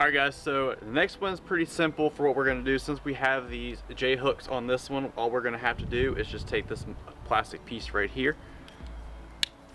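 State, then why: Released. A man talks while handling the plastic adapter piece on the second Rain-X Latitude wiper blade for a 2014 Nissan Versa with a large J-hook arm. At 9.4 s a sharp click is heard as the plastic adapter cover pops open so the blade can be fitted onto the J-hook arm.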